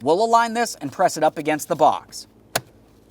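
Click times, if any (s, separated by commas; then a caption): 2.6 s. On a 2014-2019 Toyota Corolla, a plastic HVAC vent tube is lined up from the top and pressed against the HVAC box while someone talks. A single sharp click is heard at 2.6 s, and a slight tug confirms the tube is seated and secured in place.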